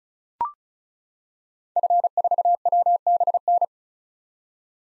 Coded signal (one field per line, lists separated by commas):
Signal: Morse code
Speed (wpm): 36 wpm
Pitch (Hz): 700 Hz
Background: none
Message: F4WBN